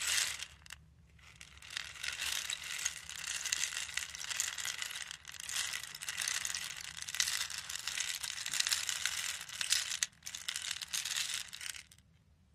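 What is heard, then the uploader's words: A rain stick pours a dense, bright patter of tiny clicks that swells and thins, briefly stopping near one second and again around ten. Rain stick.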